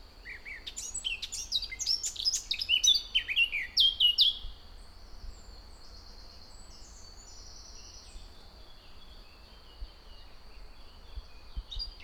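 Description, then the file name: Eurasian blackcap warbling a fast, jumbled run of bright whistled notes for about four seconds, then quieter thin high notes over low background noise. "Sylvia atricapilla"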